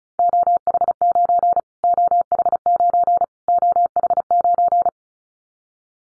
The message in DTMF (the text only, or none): none